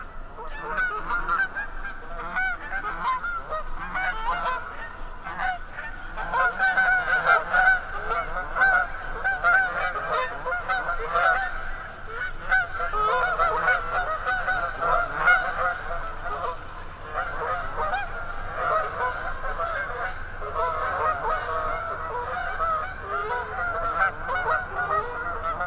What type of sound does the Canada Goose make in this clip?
call